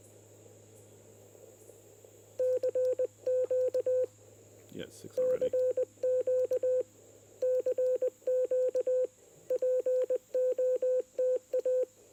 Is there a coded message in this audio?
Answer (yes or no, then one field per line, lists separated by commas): yes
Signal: Morse code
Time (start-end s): 2.4-11.8 s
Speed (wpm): 20 wpm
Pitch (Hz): 510 Hz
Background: speech, radio noise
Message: CQ CQ CQ POTA